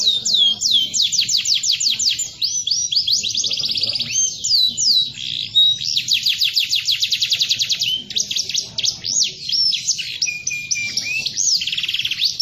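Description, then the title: Canary song, a fast stream of high whistled notes, sweeping slurs and rapid rolling trills in changing phrases. Canary singing in a lively, persistent style (gacor ngotot) with long rolled trills (roll panjang). "Kicau Kenari GACOR NGOTOT ROLL PANJANG"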